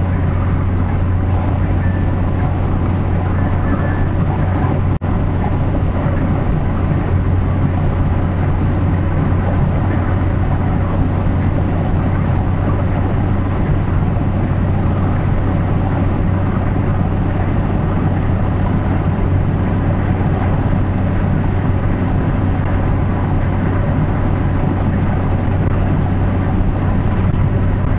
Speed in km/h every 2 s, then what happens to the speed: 104, 105, 105, 104, 106, 107, 107, 108, 108, 108, 108, 108, 108, 109.
0-28 steady at about 107.